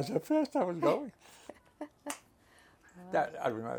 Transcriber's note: all laugh